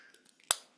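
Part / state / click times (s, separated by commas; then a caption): XLR cable female end into shotgun microphone / seated / 0.5 s. The female end of a 25 ft XLR cable is pushed onto the pins of a shotgun microphone, with a few faint small clicks at about 0.1, 0.3 and 0.4 seconds. A sharp, bright latch click follows at 0.5 seconds and decays quickly. The connector is confirmed seated, with the latch engaged.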